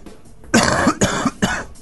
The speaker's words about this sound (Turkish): Dilimi çıkararak öksürüğümü özlediniz. Kabul edin. Bir öksür bakalım. Dilini çıkararak.